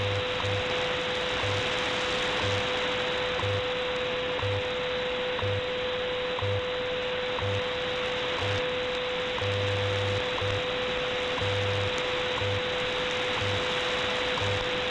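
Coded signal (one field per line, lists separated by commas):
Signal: radio time signal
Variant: WWV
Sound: steady mid-pitch tone with soft low ticks every second under loud hiss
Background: radio static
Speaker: this is wwv in fort collins colorado on 15 megahertz i am switching between three antennas right now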